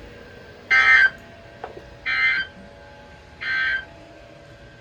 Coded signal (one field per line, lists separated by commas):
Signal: Emergency Alert System (SAME) tones